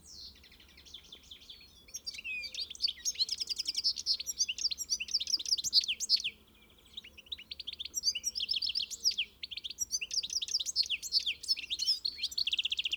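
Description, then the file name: European goldfinch twittering song, rapid tinkling and buzzy notes in long bursts, a short pause just after six seconds before the liquid chatter resumes. "Carduelis carduelis"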